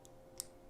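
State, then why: Seated. A crimped Deutsch terminal pin is dropped into its cavity in the connector housing and pushed home. A faint high tick comes at 0.1 seconds, then a sharp, bright click at 0.4 seconds as the pin seats, confirming positive engagement with the pin all the way in.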